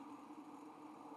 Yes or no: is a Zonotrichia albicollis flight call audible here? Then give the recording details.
no. No flight call is heard. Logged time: 02:48 on 5 December 2014